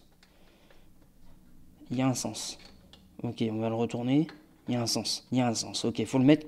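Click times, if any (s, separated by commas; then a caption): none. A USB-C expansion card is held at a Framework Laptop's expansion bay, where its orientation is worked out and it is turned over before being pushed in. A faint tick is heard at 0.2 s as the card is handled, and someone talks throughout. Nothing has clicked into place yet.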